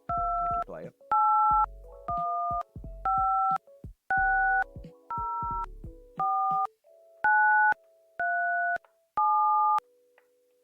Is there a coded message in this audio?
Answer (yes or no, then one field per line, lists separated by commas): yes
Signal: DTMF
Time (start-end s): 0.1-9.8 s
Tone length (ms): 560 ms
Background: speech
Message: 2815604937